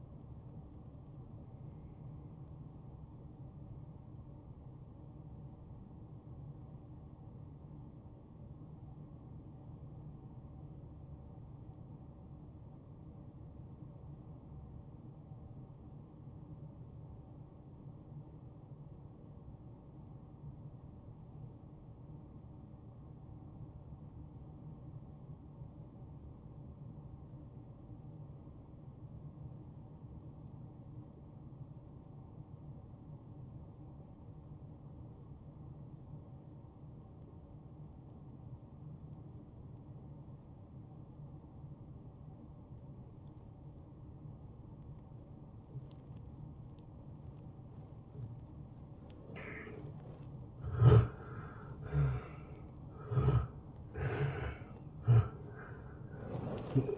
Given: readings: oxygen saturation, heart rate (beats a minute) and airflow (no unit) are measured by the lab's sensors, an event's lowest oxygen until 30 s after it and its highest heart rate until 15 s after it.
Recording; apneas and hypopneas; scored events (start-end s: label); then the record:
breathing in sleep by a smartphone at the bedside; 1
8.00-51.10 s: obstructive apnea (N1, oxygen 97% highest, then 86% lowest)
24.00-54.00 s: new sleep stage, N2 (light sleep)
54.00-56.98 s: new sleep stage, N1 (lightest sleep)
From the record:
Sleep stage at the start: N1 (lightest sleep); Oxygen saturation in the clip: 83 to 97%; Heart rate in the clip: 57 to 71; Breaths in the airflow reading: 5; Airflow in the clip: -15.6 to 9.8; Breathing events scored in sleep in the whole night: 263 in 5.5 hours asleep